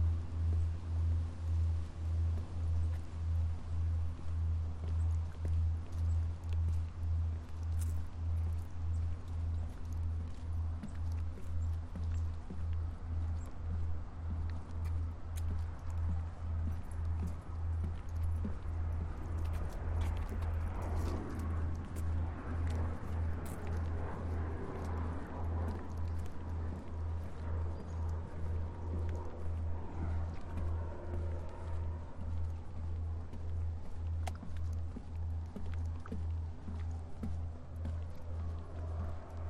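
A walk through Marpole, with a steady low throbbing rumble that pulses regularly throughout, like a nearby engine or machinery. Traffic passes, with a louder vehicle sweeping by around twenty to twenty-five seconds, and scattered short clicks and ticks over the whole stretch.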